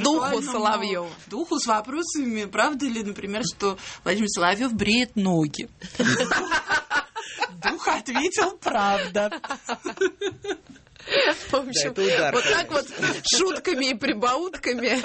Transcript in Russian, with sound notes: Духу Соловьева.
К духу с вопросами: правда ли, например, что Владимир Соловьев бреет ноги? (смех) Дух ответил: «Правда».
Вот так вот с шутками и прибаутками